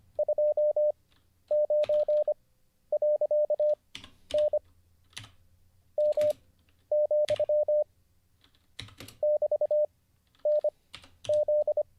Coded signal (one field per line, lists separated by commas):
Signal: Morse code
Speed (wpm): 25 wpm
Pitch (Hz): 600 Hz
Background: none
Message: 29.N M, <BT>NZ